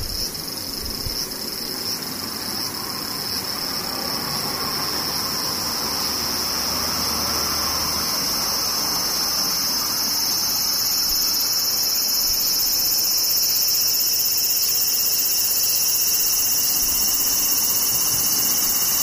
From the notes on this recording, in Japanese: セミ